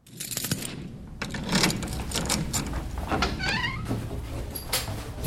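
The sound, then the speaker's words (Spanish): A door opens as someone arrives home from work, with a series of clicks, knocks and rattles over a steady low hum, including a brief squeaky, chirping scrape partway through. “Amor, ya llegué. Uy, casi nos topamos en la puerta.”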